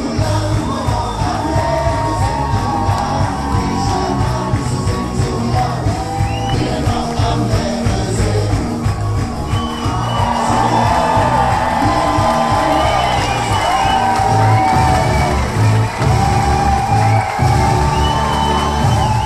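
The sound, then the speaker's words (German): A packed carnival crowd in a festival tent, standing on chairs, claps, sings along and cheers for a men's ballet troupe over loud, thumping music, with whoops and shouts rising above a steady, rhythmic din that never lets up. “Die Zuschauer stehen auf den Stühlen und wippen in den Knien. Sie klatschen und singen mit.”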